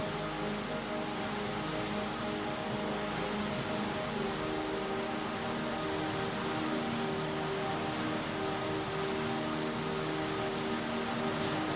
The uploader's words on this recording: The cresting waves continue to batter the rocky shore of Lake Superior in Spirited Waves II. All of season two was recorded near its rocky shores.